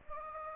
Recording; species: mosquito wingbeat signal from an infrared sensor; Anopheles gambiae